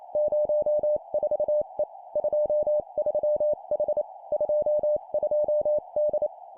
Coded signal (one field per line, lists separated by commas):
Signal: Morse code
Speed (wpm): 28 wpm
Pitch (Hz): 600 Hz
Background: none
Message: 04E 23H 22D